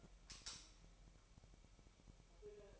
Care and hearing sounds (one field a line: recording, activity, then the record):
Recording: daily activity, microphone in the room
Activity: light off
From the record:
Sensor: 1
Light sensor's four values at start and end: 14/48/19/19 and 5/11/4/5